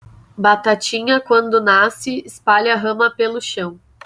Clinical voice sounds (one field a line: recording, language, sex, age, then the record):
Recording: short text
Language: Brazilian Portuguese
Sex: female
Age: 30 to 39 years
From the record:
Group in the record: control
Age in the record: 31 years